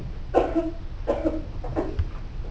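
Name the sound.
coughing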